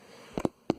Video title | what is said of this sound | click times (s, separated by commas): THE TUTORIAL | right you squeeze it in then you know it's in right when you hear that click | 0.7 s